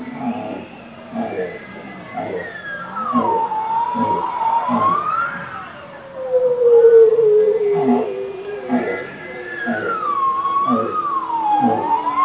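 Bowhead whale song: a wavering, siren-like tone rising and falling over rapid low pulsed grunts, then a long descending moan, the pattern recurring throughout.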